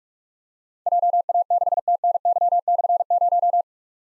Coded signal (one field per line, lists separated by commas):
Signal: Morse code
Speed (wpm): 45 wpm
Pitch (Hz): 700 Hz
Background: none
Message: JA6TNY/0